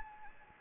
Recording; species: mosquito wingbeat signal from an infrared sensor; Anopheles arabiensis